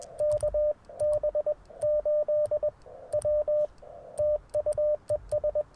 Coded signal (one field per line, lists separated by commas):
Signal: Morse code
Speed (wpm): 22 wpm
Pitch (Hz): 590 Hz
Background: radio noise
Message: KB8W TU ES